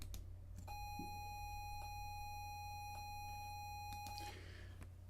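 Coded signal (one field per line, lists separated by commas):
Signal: ZX Spectrum tape loading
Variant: looped pilot tone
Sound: steady buzzy lead tone lasting about 3.5 s, with a click roughly every second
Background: low hum, keyboard clicks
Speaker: if i hold down shift and play it will loop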